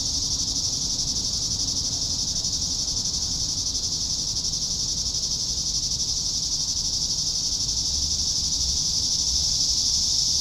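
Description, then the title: Cicada chorus, a continuous shrill hiss-like buzz that swells slightly toward the end over a soft low background hum. "neoscenes: cicadas"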